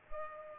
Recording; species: mosquito wingbeat signal from an infrared sensor; Culex pipiens